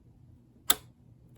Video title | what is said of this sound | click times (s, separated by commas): Fixing This Nice 8-Track Player from SEARS! | So when I'm messing with this thing over here, it's making that pop loose, | 0.7 s